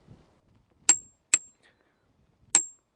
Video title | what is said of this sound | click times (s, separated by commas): Accuracy International Demo | as you can hear there I click it twice it's always best just to check | 0.9 s, 2.6 s